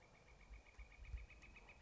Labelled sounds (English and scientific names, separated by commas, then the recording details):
Northern Flicker (Colaptes auratus)
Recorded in Sonoma County, California